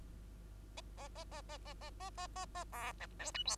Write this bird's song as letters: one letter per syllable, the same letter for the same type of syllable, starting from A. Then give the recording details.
A A A A A A A A A A A B C D E F. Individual Bird2